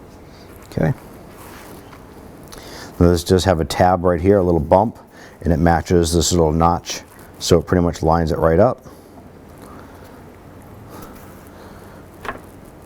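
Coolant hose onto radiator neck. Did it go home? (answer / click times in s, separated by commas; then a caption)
yes / 12.3 s. A coolant hose end is slid back onto the neck of a new radiator on a 2007–11 Honda Civic, with the hose's tab lined up to the notch on the neck. Someone talks over quiet background noise, and then the hose pops into place with a short, sharp click at 12.3 s, seating it on the neck.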